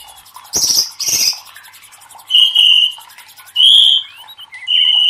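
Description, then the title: White-rumped shama song with two harsh scratchy bursts followed by clear, bright whistled notes spaced about a second apart. Training song (masteran) for caged birds. "MASTERAN MURAI BATU LABAIK"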